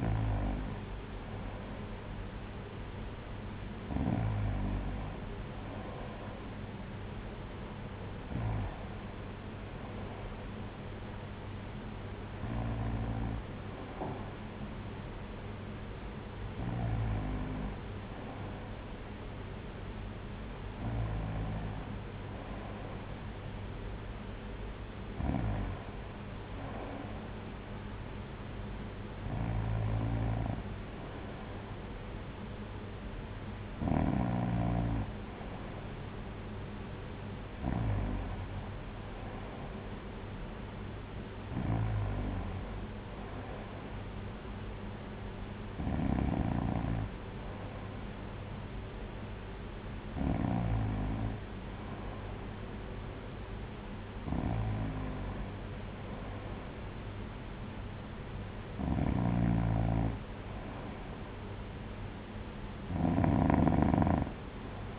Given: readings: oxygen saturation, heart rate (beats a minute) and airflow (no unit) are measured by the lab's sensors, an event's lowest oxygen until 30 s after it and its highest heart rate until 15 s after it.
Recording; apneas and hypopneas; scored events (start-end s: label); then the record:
breathing in sleep by a voice recorder at the bedside; none
none scored
From the record:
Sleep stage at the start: N2 (light sleep); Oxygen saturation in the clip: 93 to 94%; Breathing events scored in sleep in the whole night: 226 in 8.8 hours asleep